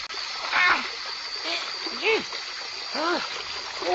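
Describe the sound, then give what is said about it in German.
Water runs into a plugged sink for washing laundry by hand, a steady rush that pours and splashes into the basin in a continuous hissing flow, while a voice makes a few short, rising-and-falling sounds over it. “So, also jetzt mal zuerst Stupsel rein und dann Wasser laufen lassen.”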